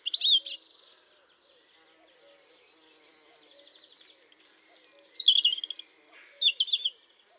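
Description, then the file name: European robin singing a short high twittering phrase, a long pause, then a run of thin whistles and quick trilled notes. "Erithacus rubecula"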